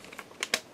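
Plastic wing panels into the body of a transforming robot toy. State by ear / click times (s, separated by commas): seated / 0.4 s, 0.5 s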